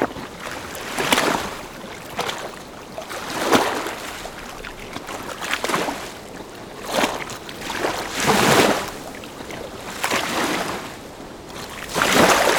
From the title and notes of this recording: Lake Wave Sound Effects. Featuring subtle splashes, enveloping water movements and calm lake ambiences, these sounds have been meticulously recorded at a lakeside on a windy day in the French Ardennes forest. All sounds are hyper-detailed with a particular attention to the foam caused by the ripples on the surface of the water.